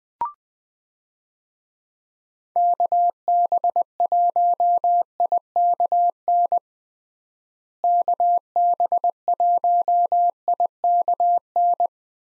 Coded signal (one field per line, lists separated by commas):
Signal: Morse code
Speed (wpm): 20 wpm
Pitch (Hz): 700 Hz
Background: none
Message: KB1IKN KB1IKN